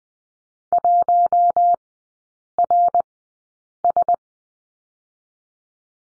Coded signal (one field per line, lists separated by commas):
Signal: Morse code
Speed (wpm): 20 wpm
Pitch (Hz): 700 Hz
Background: none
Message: 1RS